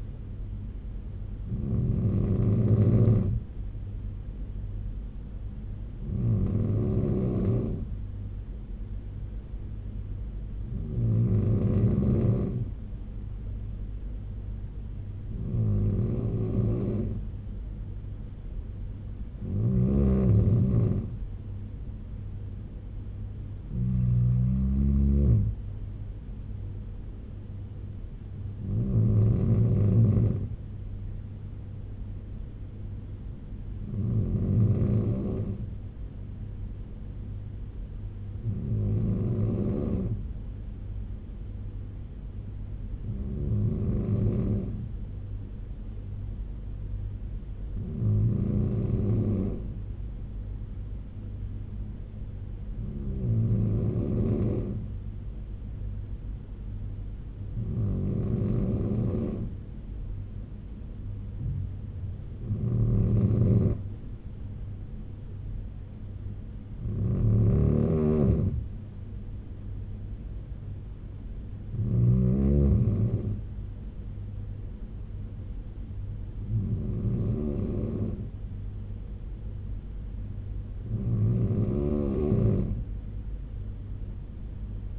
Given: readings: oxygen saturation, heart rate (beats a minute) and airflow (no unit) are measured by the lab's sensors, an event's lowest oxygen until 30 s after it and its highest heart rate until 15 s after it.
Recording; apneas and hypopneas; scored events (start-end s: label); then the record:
breathing in sleep by a smartphone at the bedside; none
80.00-84.99 s: new sleep stage, N3 (deep sleep)
From the record:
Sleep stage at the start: N2 (light sleep); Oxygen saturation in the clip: 94 to 96%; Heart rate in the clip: 69 to 76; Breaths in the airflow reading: 18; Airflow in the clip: -6.2 to 5.6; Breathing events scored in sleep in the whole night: 201 in 6.5 hours asleep